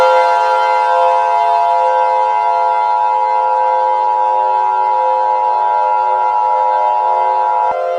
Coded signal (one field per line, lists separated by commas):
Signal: Emergency Alert System (SAME) tones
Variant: 853 and 960 Hz attention tone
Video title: OLD VIDEOS ARCHIVE #1: Eas mock: The invasion